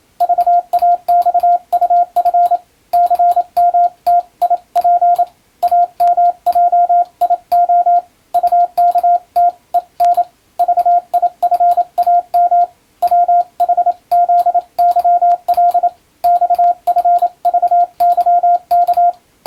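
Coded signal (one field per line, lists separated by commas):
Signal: Morse code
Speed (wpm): 27 wpm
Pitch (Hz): 700 Hz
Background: radio noise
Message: VAXUF CMTIP AMJIO UKTEN VIFAM WHZYL XFVYK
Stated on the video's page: Morse receiving practice in international (European) CW sent with an electronic keyer, using a telegram practice book.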